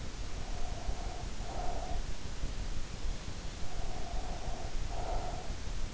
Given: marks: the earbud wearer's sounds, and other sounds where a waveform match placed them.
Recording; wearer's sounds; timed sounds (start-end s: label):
sounds in sleep by an in-ear microphone; breath
0.52-2.18 s: breath
3.69-5.64 s: breath